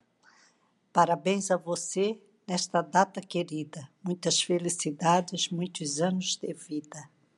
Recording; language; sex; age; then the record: short text; Brazilian Portuguese; female; 60 to 69 years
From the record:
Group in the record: control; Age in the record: 61 years